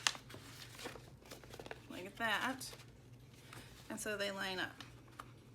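The top half of a magnetic circle punch is lined up by its notches with its base half around a sheet of paper while someone talks. Soft paper crinkling and handling are heard, with a sharp tap at the start and small ticks throughout. The halves have not yet snapped together, and nothing has seated or clicked yet.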